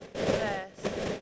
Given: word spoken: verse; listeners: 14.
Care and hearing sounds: one English word in noise, from a listening test; noise modulated by three-talker babble; -7.4 dB; 3 of 14; 6 of 14; 0.81 s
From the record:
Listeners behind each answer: 6, 4, 3, 1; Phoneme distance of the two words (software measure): 17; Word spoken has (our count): 1 syllable, 3 phonemes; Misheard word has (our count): 1 syllable, 4 phonemes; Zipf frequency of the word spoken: 3.70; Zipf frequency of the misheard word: 6.17

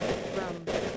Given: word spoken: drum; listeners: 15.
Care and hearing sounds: one English word in noise, from a listening test; noise modulated by three-talker babble; -5.1 dB; 1 of 15; 9 of 15; 0.57 s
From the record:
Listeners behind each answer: 9, 1, 1, 1, 1, 1, 1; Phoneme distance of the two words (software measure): 7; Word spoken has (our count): 1 syllable, 4 phonemes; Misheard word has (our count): 1 syllable, 3 phonemes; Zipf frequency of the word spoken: 4.33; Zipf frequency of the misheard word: 3.91

